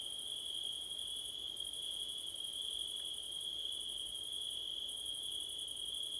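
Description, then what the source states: Cricket chorus of constant high trilling, one steady tone overlaid by a higher pulsing layer that briefly drops out now and then. Crickets at night in September, with wind; recorded with a Blumlein stereo microphone pair.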